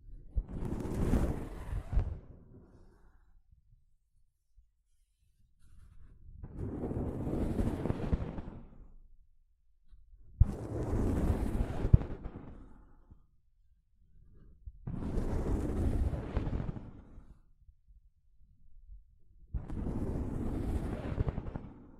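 Soft fabric brushes over a microphone in five separate passes, each lasting about two to three seconds with near silence between them. Every pass is a dense, rustling swish with a strong low rumble, swelling and fading, recurring roughly every four to five seconds.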